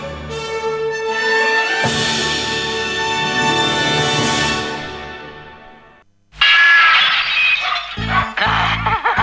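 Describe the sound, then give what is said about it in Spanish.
A thrown brick breaks glass in a loud burst that rings out in bright, tinkling shards that scatter and fade over several seconds, followed by a dog barking in sharp, repeated bursts. “Hey, ¿quién lanzó ese ladrillo?”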